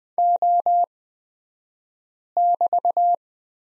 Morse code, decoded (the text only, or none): O<BT>